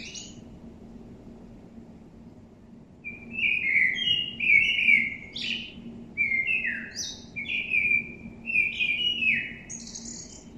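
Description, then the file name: Common blackbird: a brief high squeak, a pause, then a long run of fluty whistles mixed with high squeaky twitters, over a faint steady low hum. "Turdus merula"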